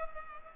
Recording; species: mosquito wingbeat signal from an infrared sensor; Culex pipiens